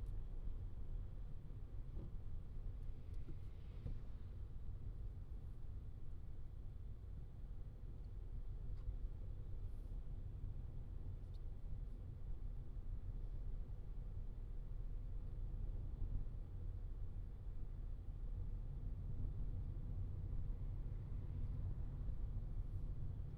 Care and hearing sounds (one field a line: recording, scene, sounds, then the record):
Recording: everyday scene through a hearing-aid microphone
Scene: in a vehicle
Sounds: engine, traffic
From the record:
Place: Skoda Fabia, gasoline engine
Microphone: in the ear canal, left